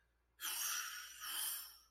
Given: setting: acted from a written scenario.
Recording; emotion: vocal sound without words; disappointment